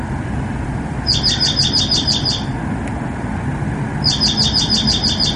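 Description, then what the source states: Dark-eyed Junco trilled song: two fast, even phrases of several high notes separated by a pause, the second cut off at the end, over a steady low rumble. Midday song, played as an example of a trilled song; about eight trills per phrase.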